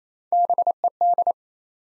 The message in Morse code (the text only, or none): BED